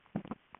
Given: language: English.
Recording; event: throat vibration sensor signal played as sound; swallow